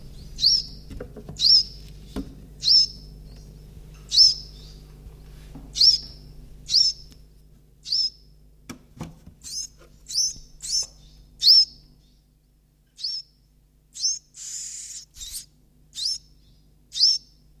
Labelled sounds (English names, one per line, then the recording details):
Iberian Chiffchaff call
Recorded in captivity
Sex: group
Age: juvenile
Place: Zoologisches Institut Universität Tübingen, Baden-Württemberg, DE
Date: 1964-06-16 14:15
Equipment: Nagra III PH, dynamisches Mikrophon, LGS26
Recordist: Schneider, Hans-Joachim
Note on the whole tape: Phylloscopus collybita brehmii (alte Bezeichnung, inzwischen eigene Art). Nest Nr. 3. Weichfresser-Käfig verhangen. Tiere ca. 14-tägig: Speerlaute etc